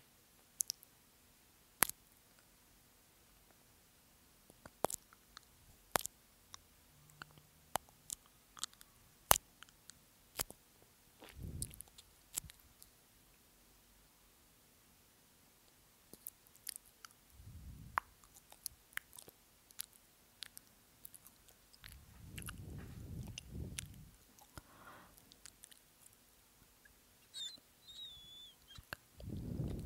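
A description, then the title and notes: Quiet mouth sounds: sharp wet clicks and pops scattered irregularly throughout, sometimes in quick clusters. Softer, fuller chewing or smacking swells arrive around 11, 18 and 22 to 24 seconds, over a faint low steady hum. ASMR Mouth Sounds.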